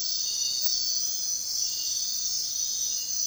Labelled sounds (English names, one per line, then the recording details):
none
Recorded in dense forest near Puerto Asís, Putumayo, Colombia, on 13 March 2025 at 03:30
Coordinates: 0.499, -76.324
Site GP03